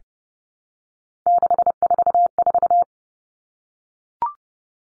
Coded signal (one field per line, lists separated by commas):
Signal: Morse code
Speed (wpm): 30 wpm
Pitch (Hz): 700 Hz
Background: none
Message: 644